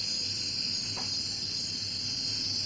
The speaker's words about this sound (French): Ça, c'est en Nouvelle-Guinée. On a l'ambiance sonore de la Nouvelle-Guinée. Alors, vous n'allez pas entendre le son du mâle. C'est des hautes fréquences. Et on les entend un tout petit peu. C'est une espèce de chuchotement.